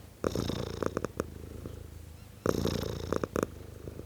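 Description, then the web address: Domestic cat purring, two rough rumbling swells separated by a quieter, steady low hum. Tom cat purring, male domestic cat. "BBC Sound Effects Library (Cats) Tom Cat, Purring"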